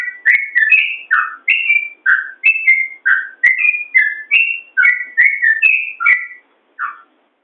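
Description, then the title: Yellow-vented bulbul song: a lively stream of short, liquid whistled notes that rise and drop in quick succession, with a brief pause before one last note. "Suara Trucukan"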